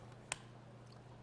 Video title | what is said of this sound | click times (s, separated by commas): Weekly Weapons Brief #61 - SVD Dragunov | until it clicks | 0.3 s